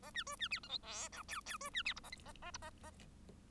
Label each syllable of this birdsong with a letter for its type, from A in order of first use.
A B C B D E F G H I I C B D J A K A A J A A